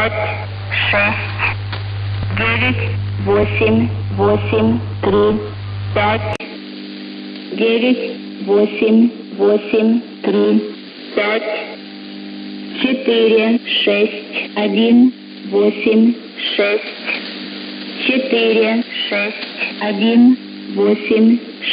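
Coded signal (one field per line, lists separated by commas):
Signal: numbers station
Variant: S06s, Russian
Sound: female voice reading short words in Russian, evenly spaced, over shortwave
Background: radio static, mains hum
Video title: 03 02 2022 Number station S06s Russian Lady in Russian to Eu 0940 on 9540 unknown tx site in CUSB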